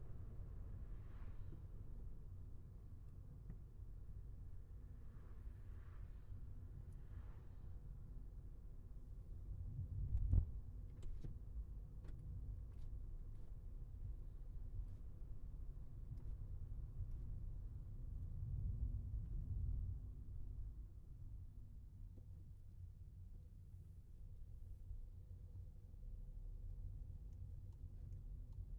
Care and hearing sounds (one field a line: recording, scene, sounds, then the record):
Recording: everyday scene through a hearing-aid microphone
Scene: in a vehicle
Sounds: engine, traffic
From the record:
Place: Skoda Fabia, gasoline engine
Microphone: behind the ear, left, front